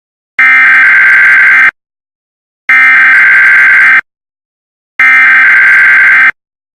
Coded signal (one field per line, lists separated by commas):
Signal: Emergency Alert System (SAME) tones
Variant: header bursts